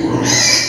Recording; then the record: squeal of a Yucatan mini pig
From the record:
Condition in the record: before surgery on the right vocal fold (resection and tissue-engineered implant); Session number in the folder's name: 2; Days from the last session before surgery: 0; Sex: male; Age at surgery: 12 weeks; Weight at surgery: 13 kg